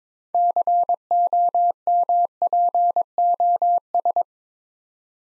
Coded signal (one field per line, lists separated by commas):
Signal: Morse code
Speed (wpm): 22 wpm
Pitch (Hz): 700 Hz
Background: none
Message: COMPOS